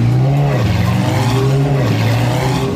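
A powerful 800-horsepower car engine roars loudly as it accelerates, its deep harmonic tone rising in pitch, dropping briefly between gear shifts, then climbing again, with a faint tire squeal.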